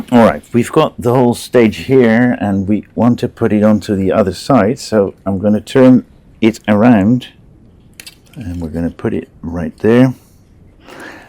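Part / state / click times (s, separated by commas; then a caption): model aircraft stage assembly into the model frame / seated / 8.0 s. Someone talks while an assembled stage of a scale Lancaster model aircraft is turned over and fitted onto the other side of the model frame. A single sharp click is heard at 8.0 s as the part goes into place, and it is seated.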